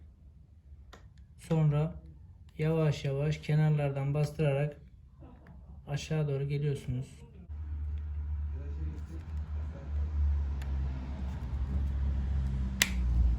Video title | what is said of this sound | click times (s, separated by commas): IPHONE 6S EKRAN BATARYA DEĞİŞİMİ | çıtçıt sesini duyduğunuzda | 10.6 s, 12.8 s